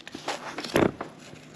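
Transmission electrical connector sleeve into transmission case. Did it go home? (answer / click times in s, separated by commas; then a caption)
no / none. The electrical connector sleeve of a Mercedes transmission conductor plate is lined up with the slot on the left side of the transmission case and wiggled by hand before being pushed home. Soft scraping and rustling handling sounds are heard, with a brief louder scuff around 0.8 s. The connector has not seated or clicked yet.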